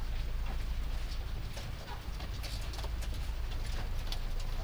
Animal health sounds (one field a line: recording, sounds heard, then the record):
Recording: poultry house recording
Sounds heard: sick chickens (respiratory disease)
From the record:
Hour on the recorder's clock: 3